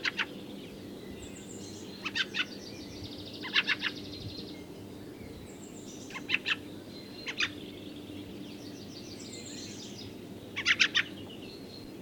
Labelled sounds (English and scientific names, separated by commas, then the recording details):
Fieldfare (Turdus pilaris) call
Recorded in the wild
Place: Zirkow, Insel Rügen, Mecklenburg-Vorpommern, DE
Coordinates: 54.39, 13.538
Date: 1976-05-02 05:20
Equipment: Nagra III BH, Sennheiser MD 21, parabola
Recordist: Schubert, Michael